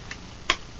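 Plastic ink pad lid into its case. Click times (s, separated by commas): 0.5 s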